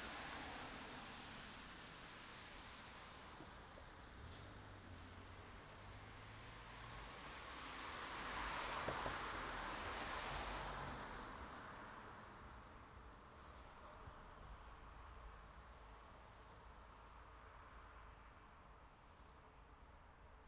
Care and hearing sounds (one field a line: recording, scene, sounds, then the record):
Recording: everyday scene through a hearing-aid microphone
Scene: in traffic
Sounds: traffic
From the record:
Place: city secondary road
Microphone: in the ear canal, right